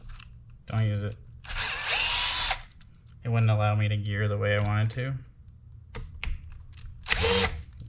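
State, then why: Stripped. A power driver removes a small machine screw from the plastic motor mount area of a Traxxas Sledge RC truck chassis, whirring in several bursts while someone talks, with sharp ticks near 6.2 and 7.1 seconds as the bit slips in the screw head. The screw head strips out, and nothing has seated or clicked yet.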